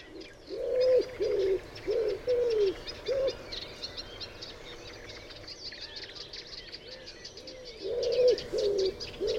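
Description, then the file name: Common wood pigeon cooing: a phrase of soft, low arched notes, a pause filled with bird chatter, then the hooting resumes near the end. "Houtduif Columba palumbus"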